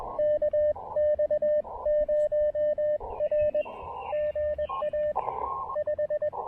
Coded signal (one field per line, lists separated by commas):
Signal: Morse code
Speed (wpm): 20 wpm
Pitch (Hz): 600 Hz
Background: radio noise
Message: KX0R GA 5